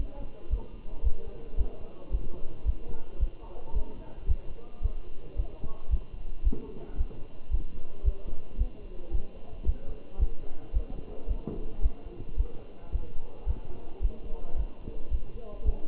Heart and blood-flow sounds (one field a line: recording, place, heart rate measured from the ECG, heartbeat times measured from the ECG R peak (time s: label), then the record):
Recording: heart sounds by stethoscope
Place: between the tricuspid and mitral areas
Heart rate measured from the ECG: 111 bpm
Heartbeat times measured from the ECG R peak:
0.52 s: heartbeat
1.05 s: heartbeat
1.59 s: heartbeat
2.13 s: heartbeat
2.67 s: heartbeat
3.21 s: heartbeat
3.75 s: heartbeat
4.29 s: heartbeat
4.84 s: heartbeat
5.38 s: heartbeat
5.91 s: heartbeat
6.45 s: heartbeat
6.99 s: heartbeat
7.52 s: heartbeat
8.06 s: heartbeat
8.59 s: heartbeat
9.13 s: heartbeat
9.67 s: heartbeat
10.21 s: heartbeat
10.75 s: heartbeat
11.29 s: heartbeat
11.83 s: heartbeat
12.38 s: heartbeat
12.94 s: heartbeat
13.48 s: heartbeat
14.03 s: heartbeat
14.58 s: heartbeat
15.13 s: heartbeat
15.66 s: heartbeat
From the record:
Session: Bruce protocol treadmill stress test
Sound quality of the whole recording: good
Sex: male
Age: 27 years